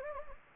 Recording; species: mosquito wingbeat signal from an infrared sensor; Anopheles gambiae